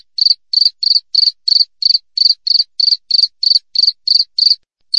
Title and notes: Masteran Jangkrik Alam Jernih, Jeda Rapat Cocok Untuk Masteran Burung Dan Mengusir Tikus. suara jangkrik